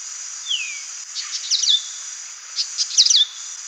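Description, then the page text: White-naped monarch calls: a falling thin whistle, then two clusters of rapid scratchy notes each trailing into a level high whistle, over continuous insect hiss. "White-Naped Monarch Call. Quick Sounds"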